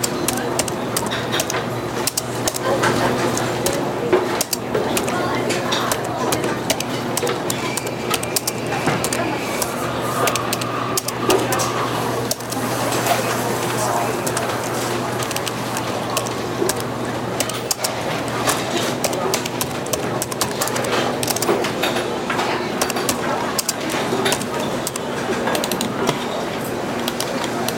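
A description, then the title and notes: Café ambience with a steady bed of soft, overlapping chatter and a low hum running underneath throughout. Frequent small clinks and taps of dishes punctuate the murmur at irregular intervals, bright, while the overall level stays even for the whole stretch. Sounds of coffee brewing, dishes clattering, and soft chatter. Cafe sounds.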